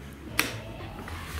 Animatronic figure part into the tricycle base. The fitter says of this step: And we'll hear it click.